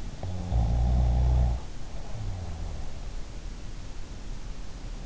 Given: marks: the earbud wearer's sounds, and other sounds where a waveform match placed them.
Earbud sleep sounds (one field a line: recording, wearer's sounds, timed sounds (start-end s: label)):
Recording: sounds in sleep by an in-ear microphone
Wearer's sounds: snoring breath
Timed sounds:
0.15-2.89 s: snoring breath